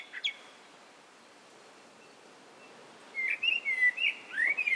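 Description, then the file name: Eurasian blackbird song, a short run of clear whistled notes coming in after a quiet pause, over a soft background hiss. "Turdus merula"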